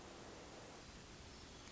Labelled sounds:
Hermit Thrush (Catharus guttatus)
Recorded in Sonoma County, California

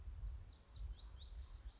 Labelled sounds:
Lazuli Bunting (Passerina amoena)
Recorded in Sonoma County, California

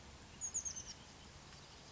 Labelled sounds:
Oak Titmouse (Baeolophus inornatus)
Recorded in Sonoma County, California

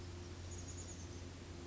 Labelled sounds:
Chestnut-backed Chickadee (Poecile rufescens)
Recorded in Sonoma County, California

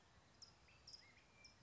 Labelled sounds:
California Towhee (Melozone crissalis)
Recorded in Sonoma County, California

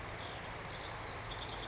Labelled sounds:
House Wren (Troglodytes aedon)
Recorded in Sonoma County, California

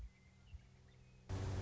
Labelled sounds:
Western Meadowlark (Sturnella neglecta)
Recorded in Sonoma County, California

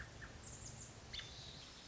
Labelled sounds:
American Robin (Turdus migratorius)
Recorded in Sonoma County, California

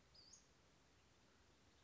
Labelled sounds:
Western Flycatcher (Empidonax difficilis)
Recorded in Sonoma County, California

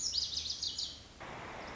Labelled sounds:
Lazuli Bunting (Passerina amoena)
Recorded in Sonoma County, California

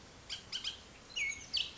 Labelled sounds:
Bullock's Oriole (Icterus bullockii)
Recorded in Sonoma County, California

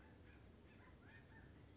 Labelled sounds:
Blue-gray Gnatcatcher (Polioptila caerulea)
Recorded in Sonoma County, California

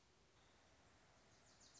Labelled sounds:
Wilson's Warbler (Cardellina pusilla)
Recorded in Sonoma County, California

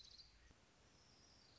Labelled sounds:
Orange-crowned Warbler (Leiothlypis celata)
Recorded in Sonoma County, California

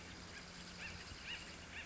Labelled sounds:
Acorn Woodpecker (Melanerpes formicivorus)
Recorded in Sonoma County, California

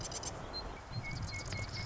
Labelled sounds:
Marsh Wren (Cistothorus palustris)
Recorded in Sonoma County, California

